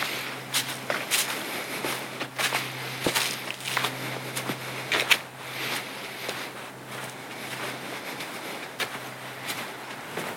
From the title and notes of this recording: A Night Hike on Appleton Trail. A pitch-black night hike on the Appleton Trail.